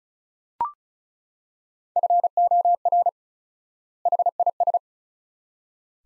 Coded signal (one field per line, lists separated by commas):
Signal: Morse code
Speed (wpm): 34 wpm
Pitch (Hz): 700 Hz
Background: none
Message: FOR HIS